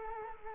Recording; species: mosquito wingbeat signal from an infrared sensor; Culex quinquefasciatus